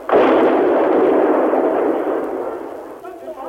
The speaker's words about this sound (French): Elles ont raison, de nouvelles explosions font trembler les murs.